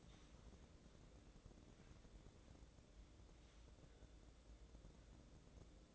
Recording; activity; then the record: daily activity, microphone in the room; wipe stove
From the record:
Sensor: 3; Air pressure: 1012.3 hPa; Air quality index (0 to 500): 180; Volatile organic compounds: 3 ppm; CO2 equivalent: 1378 ppm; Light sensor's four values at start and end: 573/1424/588/603 and 573/1425/589/604